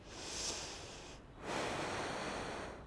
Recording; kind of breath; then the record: one breath in and out by a microphone near the nose and mouth; deep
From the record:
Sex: female